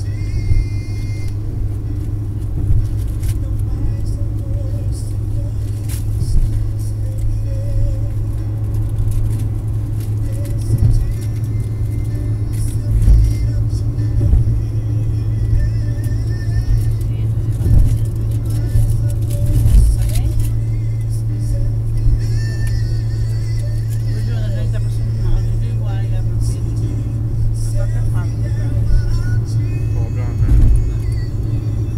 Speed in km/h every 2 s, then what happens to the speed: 70, 71, 72, 72, 73, 73, 74, 75, 75, 76, 76, 76, 76, 75, 75, 74.
0-32 steady at about 74.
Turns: none.